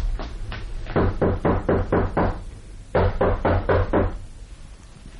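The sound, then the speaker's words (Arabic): Two bursts of knocking on a door: a quick run of about seven hard raps, a pause, then five more, each strike sharp and loud over a low steady hum. “اذهبي واضربي الباب، فإن لم يفتح فتطلعي من الطاقة فانظري ما الخبر.”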